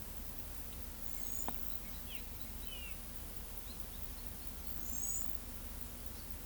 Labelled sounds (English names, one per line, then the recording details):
Palm Tanager
Olive-grey Saltator
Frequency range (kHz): Palm Tanager 6.0-8.5 kHz; Olive-grey Saltator 2.0-3.5 kHz
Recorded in pastures near Pivijay, Magdalena, Colombia, on 5 June 2023 at 11:30
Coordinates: 10.456, -74.369
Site P6-G026